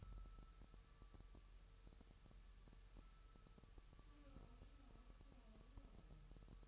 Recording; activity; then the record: daily activity, microphone in the room; wipe stove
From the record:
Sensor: 2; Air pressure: 1000.9 hPa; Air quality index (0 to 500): 249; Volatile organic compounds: 100 ppm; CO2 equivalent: 3753 ppm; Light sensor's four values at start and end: 10/25/10/11 and 10/25/10/11